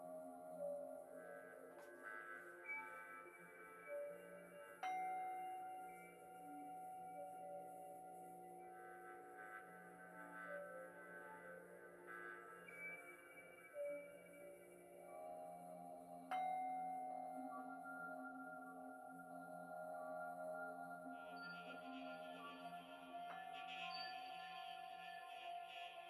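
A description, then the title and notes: Tones from MIDI and bowl sounds ring out in long, layered sustained notes that overlap and slowly shift pitch. Sharp struck attacks arrive near 2, 5, 16 and 23 seconds, each starting fresh ringing. A steady low hum sits underneath throughout. MIDI and BOWL sounds 7 mins per chakra.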